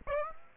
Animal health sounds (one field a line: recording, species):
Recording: mosquito wingbeat signal from an infrared sensor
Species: Aedes aegypti